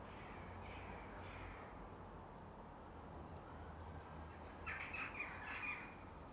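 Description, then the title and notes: Corvid calls, a pair of hoarse caws at the start, then a quick cluster of rasping caws near the end, over low background rumble. Corvids, possibly mainly rooks, circling neatly and regularly over a back yard at dusk near sunset. "ｐａｔｚｒ ｒａｄｉｏ ｓｉｘｔｙ－ｔｗｏ - untitled [back yard, near sunset]. back yard at dusk. corvids - rooks, mainly, i think - circle, neatly, regularly"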